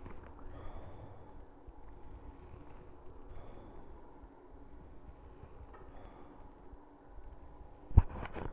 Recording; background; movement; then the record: deep breathing; traffic; sitting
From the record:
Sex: male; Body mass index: 23.7 kg/m2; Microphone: on the chest, facing the body